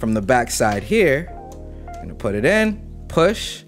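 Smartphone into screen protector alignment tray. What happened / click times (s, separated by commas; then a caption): The phone is being handled toward the tray but has not yet clicked in / none. A Pixel smartphone is pushed back-first into the plastic alignment tray of a WhiteStone Dome glass screen-protector kit while someone talks over a steady tonal background. The clip ends before the phone goes home, so nothing has seated or clicked yet.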